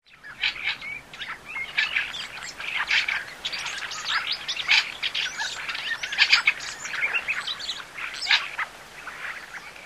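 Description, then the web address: Fieldfare singing a creaky, chattering warble of short harsh notes and squeaks in uneven bursts, fairly continuous throughout. "bbc Bird Song Site Fieldfare - Litorne, Tourdelle"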